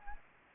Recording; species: mosquito wingbeat signal from an infrared sensor; Anopheles gambiae